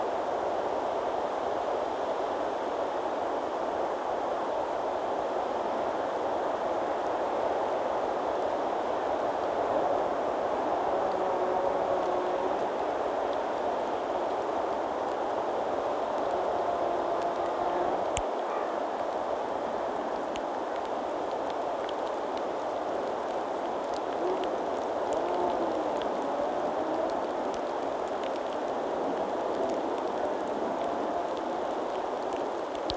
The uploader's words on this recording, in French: J'ai posé mes micros sur la crête du Kastelberg en direction du Kerbholtz. Les conditions météorologiques étaient très venteuses avec de la pluie.